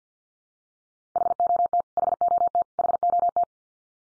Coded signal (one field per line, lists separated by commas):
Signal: Morse code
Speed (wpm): 50 wpm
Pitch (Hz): 700 Hz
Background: none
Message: HOT HOT HOT